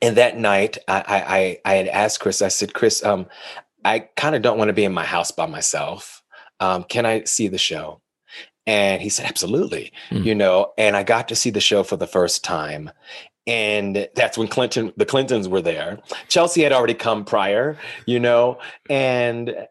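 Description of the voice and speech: Adult man speaking with spasmodic dysphonia, a disconnect from the brain to the vocal cords: the voice skips, with spasms in the voice. The speech is slowed, with drawn-out sounds and pauses.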